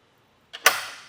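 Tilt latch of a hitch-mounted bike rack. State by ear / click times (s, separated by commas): seated / 0.5 s, 0.7 s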